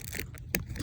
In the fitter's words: plugging I just heard it click you heard a click maybe there's the new switch in